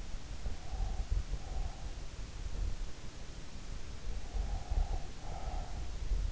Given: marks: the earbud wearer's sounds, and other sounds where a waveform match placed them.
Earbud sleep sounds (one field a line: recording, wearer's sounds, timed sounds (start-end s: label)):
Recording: sounds in sleep by an in-ear microphone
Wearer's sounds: breath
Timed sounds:
0.46-2.08 s: breath
4.15-6.22 s: breath